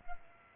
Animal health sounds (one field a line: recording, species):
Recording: mosquito wingbeat signal from an infrared sensor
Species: Culex pipiens